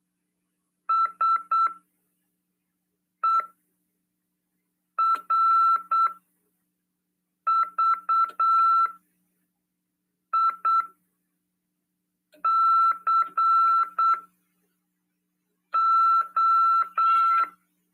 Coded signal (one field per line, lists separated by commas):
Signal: Morse code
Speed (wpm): 8 wpm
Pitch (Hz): 1340 Hz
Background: none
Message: SERVICO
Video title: RADIOAMADOR "AULA 47 CW" 27/8/2022 "SETEMBRO CURSOS: CW, COM. RODADA e LEGISL." PY2EXU PAULO SP/SP.